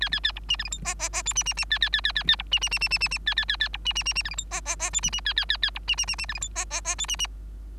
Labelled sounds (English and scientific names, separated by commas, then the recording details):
Bengalese Finch (Lonchura striata domestica) song
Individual Bird3